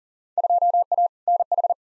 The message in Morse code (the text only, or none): 2A NH